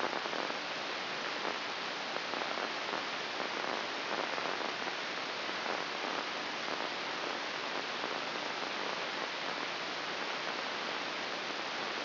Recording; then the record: brain microelectrode recording played as sound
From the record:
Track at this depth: inside the subthalamic nucleus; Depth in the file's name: 4.14 mm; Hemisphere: right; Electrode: 2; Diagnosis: Parkinson's disease